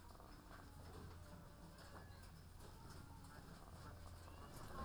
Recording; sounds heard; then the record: poultry house recording; sick chickens (respiratory disease)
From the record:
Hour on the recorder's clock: 18